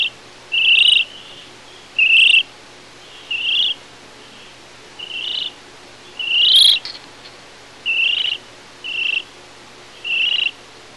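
Flamingo purrs: a series of about nine buzzy, nasal notes at irregular intervals, with one louder call near the middle.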